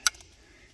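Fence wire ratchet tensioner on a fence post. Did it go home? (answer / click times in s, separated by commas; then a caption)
yes / 0.1 s, 0.2 s. A fence wire line is ratcheted tighter on a smart-fence post tensioner, and the pawl engages with a sharp, bright click at 0.1 s followed by a fainter click at 0.2 s. The line is tensioned and the ratchet has seated.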